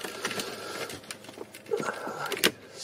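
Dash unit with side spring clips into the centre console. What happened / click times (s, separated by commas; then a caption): The spring-clipped dash unit snapped into place / 2.5 s. A centre air vent unit for a BMW E36, held by a spring clip on each side, is pushed into the dashboard centre console. Soft rustling and small taps lead up to a sharp click at 2.5 s as the unit seats in place.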